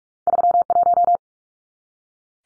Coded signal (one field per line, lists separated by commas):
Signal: Morse code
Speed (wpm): 44 wpm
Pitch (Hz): 700 Hz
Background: none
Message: 31